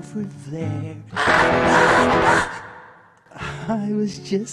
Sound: scReAmS!!!